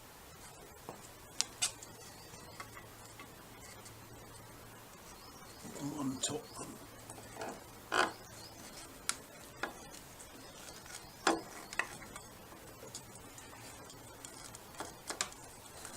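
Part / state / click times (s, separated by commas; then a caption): plastic part into its mount on motorcycle / not seated / none. A plastic part is worked into its mount on a Sport Glide motorcycle during reassembly after installing a Vance & Hines FP3 Fuelpack. Someone talks briefly while short, sharp plastic taps and knocks ring out, along with rustling handling bursts around 6 and 8 seconds. The part is still being handled, and nothing has seated or snapped into place yet.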